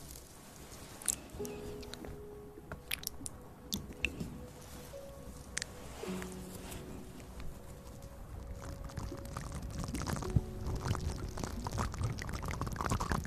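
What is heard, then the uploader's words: Soft mouth sounds with wet clicks and smacks scattered irregularly, faint held tones in the background, and a denser rustling swell toward the end. Ear massage Mouth sounds.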